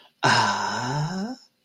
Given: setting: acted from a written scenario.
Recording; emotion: vocal sound without words; romantic love